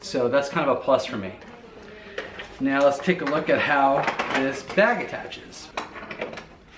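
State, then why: Seated. Someone talks while the plastic collar of a debris collection bag is pushed onto the body of a WORX WG512/514 TriVac 3-in-1 electric leaf blower/mulcher/yard vacuum. Two short snaps are heard at 6.1 and 6.2 seconds as the collar seats and snap-locks into the housing.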